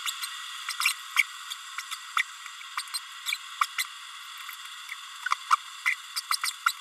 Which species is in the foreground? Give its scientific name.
Forpus passerinus